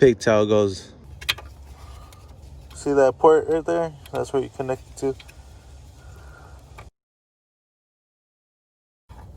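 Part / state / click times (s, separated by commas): access cable connector into car wiring harness port / not seated / none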